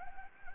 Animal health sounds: mosquito wingbeat signal from an infrared sensor; Anopheles gambiae

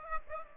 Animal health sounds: mosquito wingbeat signal from an infrared sensor; Aedes aegypti

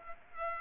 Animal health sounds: mosquito wingbeat signal from an infrared sensor; Culex pipiens

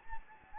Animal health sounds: mosquito wingbeat signal from an infrared sensor; Anopheles gambiae

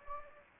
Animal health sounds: mosquito wingbeat signal from an infrared sensor; Anopheles gambiae

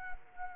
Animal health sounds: mosquito wingbeat signal from an infrared sensor; Anopheles arabiensis

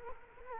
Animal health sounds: mosquito wingbeat signal from an infrared sensor; Culex quinquefasciatus

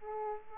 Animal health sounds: mosquito wingbeat signal from an infrared sensor; Aedes aegypti

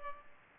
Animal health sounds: mosquito wingbeat signal from an infrared sensor; Culex pipiens

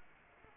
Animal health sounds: mosquito wingbeat signal from an infrared sensor; Anopheles arabiensis

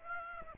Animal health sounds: mosquito wingbeat signal from an infrared sensor; Aedes aegypti

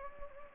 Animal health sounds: mosquito wingbeat signal from an infrared sensor; Anopheles gambiae

